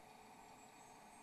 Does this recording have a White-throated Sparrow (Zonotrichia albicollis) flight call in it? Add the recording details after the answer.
no. No flight call is heard. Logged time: 06:38 on 11 December 2014